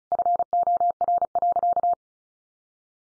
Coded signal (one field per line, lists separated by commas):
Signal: Morse code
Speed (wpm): 34 wpm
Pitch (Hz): 700 Hz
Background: none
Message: FOR.